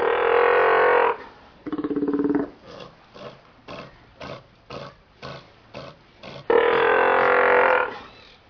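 Northern fur seal calls: a long harmonic bleat, a buzzy pulsed call, a series of short grunts in steady rhythm, then another loud drawn-out bleat.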